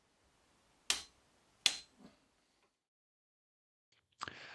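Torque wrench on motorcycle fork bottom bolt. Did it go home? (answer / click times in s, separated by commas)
yes / 0.9 s, 1.7 s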